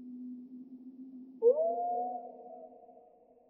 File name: TICHODROME RALENTI